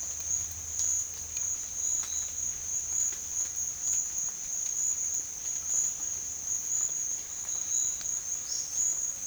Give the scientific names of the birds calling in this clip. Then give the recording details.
Tolmomyias viridiceps. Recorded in pastures near Puerto Asís, Putumayo, Colombia, on 25 June 2025 at 14:30. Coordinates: 0.502, -76.324. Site G010